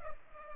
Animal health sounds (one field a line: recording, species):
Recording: mosquito wingbeat signal from an infrared sensor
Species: Culex pipiens